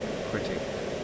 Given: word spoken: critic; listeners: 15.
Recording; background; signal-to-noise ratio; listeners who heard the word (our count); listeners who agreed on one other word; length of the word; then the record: one English word in noise, from a listening test; speech-shaped noise; -4.7 dB; 7 of 15; 7 of 15; 0.64 s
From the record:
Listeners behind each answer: 7, 7, 1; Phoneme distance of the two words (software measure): 27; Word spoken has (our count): 2 syllables, 6 phonemes, stress on syllable 1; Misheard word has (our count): 2 syllables, 5 phonemes, stress on syllable 1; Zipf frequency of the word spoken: 3.68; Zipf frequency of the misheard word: 5.50